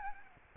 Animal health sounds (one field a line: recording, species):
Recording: mosquito wingbeat signal from an infrared sensor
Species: Aedes albopictus